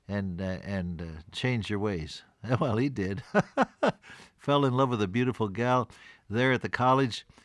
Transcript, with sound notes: and, and change your ways.” Yeah well, he did. (Laughs) Fell in love with a beautiful girl, there at the college.